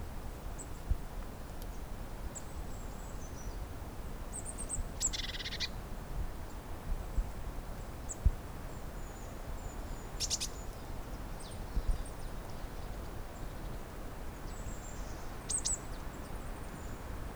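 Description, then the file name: Eurasian blue tit calls: thin high notes and two short buzzy scolding bursts over steady low rumbling noise. "Cyanistes caeruleus"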